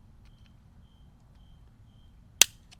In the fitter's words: See, it clicked in there.